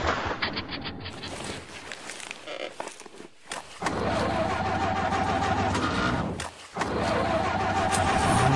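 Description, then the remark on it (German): A car engine, governed down, runs rough and sputters, its loud, uneven rumble dropping out twice in brief stalls before surging back, with rattling, clattering texture throughout, as the car drives bumpily. “Der Motor ist abgeregt.”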